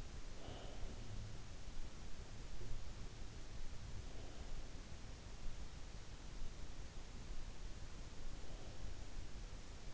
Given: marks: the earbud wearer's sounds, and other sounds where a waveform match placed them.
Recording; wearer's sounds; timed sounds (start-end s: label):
sounds in sleep by an in-ear microphone; breath
0.00-1.65 s: breath